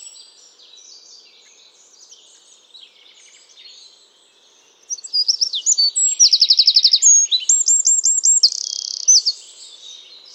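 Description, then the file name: Eurasian wren song: faint high twittering first, then a loud rapid outburst of trills and repeated ringing notes, very fast and high-pitched, for about five seconds. "Troglodytes troglodytes"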